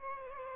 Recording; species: mosquito wingbeat signal from an infrared sensor; Aedes albopictus